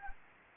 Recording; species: mosquito wingbeat signal from an infrared sensor; Anopheles gambiae